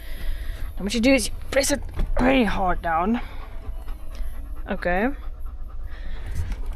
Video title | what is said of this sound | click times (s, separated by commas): another test for the 4L issue in my suzuki jimny - pov drive | I haven't heard it click in. | none